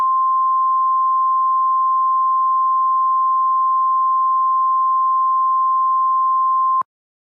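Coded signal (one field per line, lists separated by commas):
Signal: Emergency Alert System (SAME) tones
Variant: 1050 Hz attention tone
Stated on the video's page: Fictional EAS scenario.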